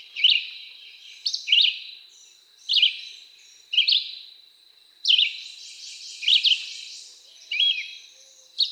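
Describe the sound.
Red-eyed Vireo giving a run of short whistled phrases, rising or dropping, at roughly one-second intervals, with a continuous high hiss in the background.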